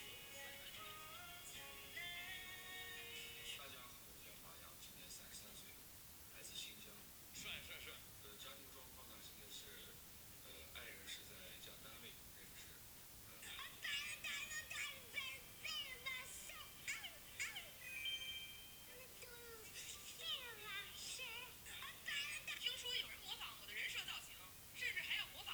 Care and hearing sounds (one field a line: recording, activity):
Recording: daily activity, guitar pickup as the sensor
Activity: browse video